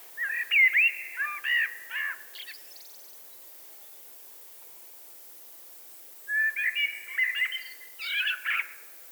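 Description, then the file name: Eurasian blackbird singing two fluty phrases about four seconds apart, each mixing mellow whistled notes with a rough high twitter at the end. "Turdus merula"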